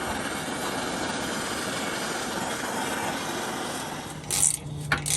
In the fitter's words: i just stripped it this bracket that attaches to the exhaust and then goes to the bell housing